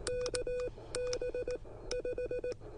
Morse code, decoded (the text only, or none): KB5